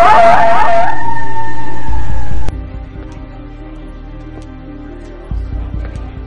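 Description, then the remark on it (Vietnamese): A dog howls amid rain and wind in a wavering, mid-pitched cry that flattens into one long, steady note, then stops abruptly, leaving a low, rumbling wash of noise. “Con chó vẫn tru lên giữa tiếng mưa gió xô bồ ào ạt.”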